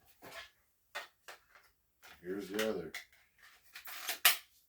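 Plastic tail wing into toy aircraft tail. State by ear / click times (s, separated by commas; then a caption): seated / 4.3 s. Someone talks while the second plastic tail wing of an action-figure toy aircraft is pressed into its slot on the aircraft's tail. A sharp click at 4.3 s marks the wing snapping into place, and it is seated.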